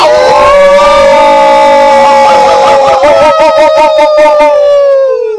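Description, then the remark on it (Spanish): Several boys howl together in imitation of a wolf pack, picked up by microphones placed somewhat far away; their long, overlapping voices waver and slide in pitch, turning into a pulsing, tremulous chorus before trailing off. “Bien, sí, ya tienen práctica, los chicos ya vienen aullando hace rato, sí.”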